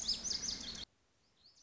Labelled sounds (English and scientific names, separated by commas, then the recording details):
Lazuli Bunting (Passerina amoena)
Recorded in Sonoma County, California